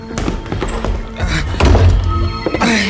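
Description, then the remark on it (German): A car door is opened with a solid latch clunk and a few dull thuds, amid rustling and low rumbling movement. “Und jetzt los! Tür auf!”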